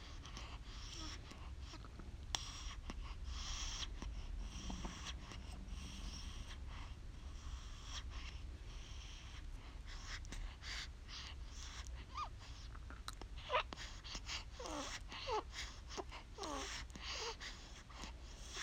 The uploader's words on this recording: Heavy baby breathing, suckling, and little baby squeaks! Therefore I decided to record a nursing session.